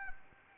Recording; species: mosquito wingbeat signal from an infrared sensor; Anopheles arabiensis